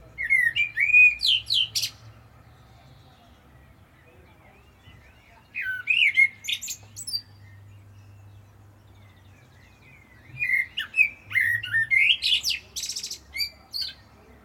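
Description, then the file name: Common blackbird giving three song phrases a few seconds apart, each a throaty whistled warble that breaks into squeaky high twittering; low hum underneath. "Turdus merula"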